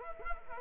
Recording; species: mosquito wingbeat signal from an infrared sensor; Culex quinquefasciatus